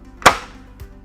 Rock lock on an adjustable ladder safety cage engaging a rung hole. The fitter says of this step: allow that to drop down until that locks into place and then